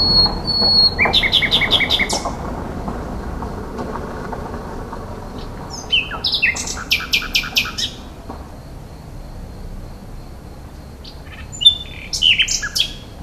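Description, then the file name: Common nightingale song: bursts of rapid repeated notes, sharp whistles and buzzy trills with pauses between phrases. "rossignol"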